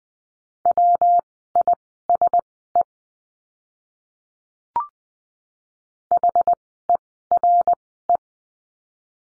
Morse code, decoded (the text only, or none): WISE HERE